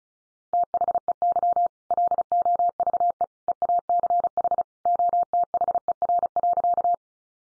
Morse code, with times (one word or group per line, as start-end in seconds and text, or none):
0.5-1.7 THEY
1.9-3.2 LOVE
3.5-4.6 EACH
4.9-6.9 OTHER.